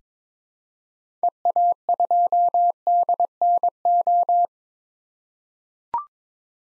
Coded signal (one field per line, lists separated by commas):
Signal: Morse code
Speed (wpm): 22 wpm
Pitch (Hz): 700 Hz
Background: none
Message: EA2DNO